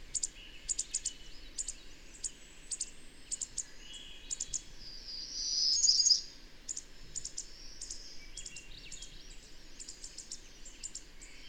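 Bird song: high, thin chirps repeating rapidly throughout, with a louder warbled phrase near the middle, over a steady low background hiss.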